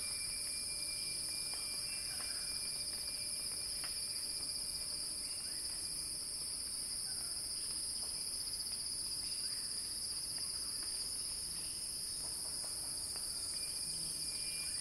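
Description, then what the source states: Cicada buzzing, shrill and unbroken, with faint scattered chirps underneath. Cicada song in a crescendo.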